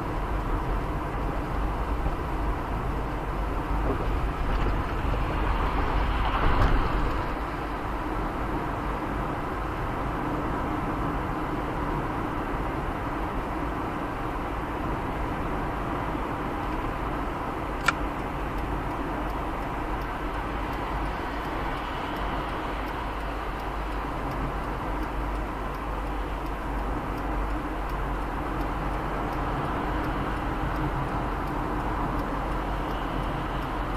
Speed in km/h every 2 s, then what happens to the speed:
54, 55, 55, 57, 56, 57, 57, 58, 58, 57, 57, 55, 54, 53, 53, 52, 51.
0-34 steady at about 55.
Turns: none.